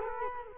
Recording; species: mosquito wingbeat signal from an infrared sensor; Culex quinquefasciatus